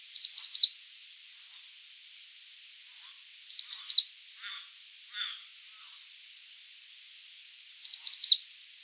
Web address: wroblowe ptaki cyanistes cyanus